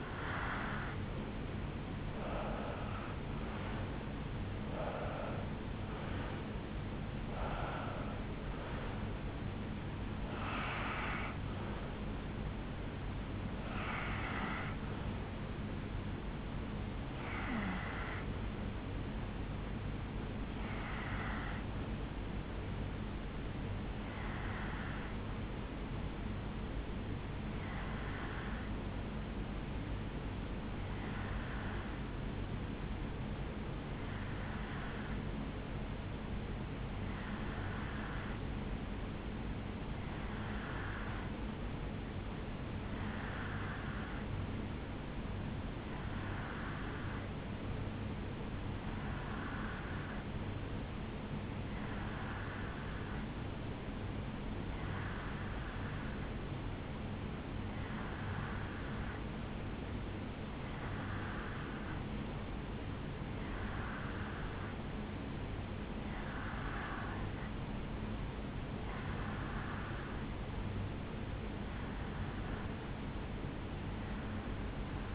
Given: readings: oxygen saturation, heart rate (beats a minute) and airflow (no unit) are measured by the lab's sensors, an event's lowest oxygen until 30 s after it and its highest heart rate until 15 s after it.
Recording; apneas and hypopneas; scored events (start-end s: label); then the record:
breathing in sleep by a voice recorder at the bedside; 1
13.00-43.00 s: new sleep stage, N1 (lightest sleep)
26.00-65.30 s: hypopnea (N1, oxygen 96% highest, then 89% lowest, heart rate 63 at the start, 74 highest)
43.00-73.00 s: new sleep stage, N2 (light sleep)
73.00-75.15 s: new sleep stage, REM sleep
From the record:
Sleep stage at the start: REM sleep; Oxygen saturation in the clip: 89 to 96%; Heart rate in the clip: 60 to 75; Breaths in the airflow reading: 25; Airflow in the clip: -9.3 to 7.1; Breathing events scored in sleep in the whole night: 449 in 7.0 hours asleep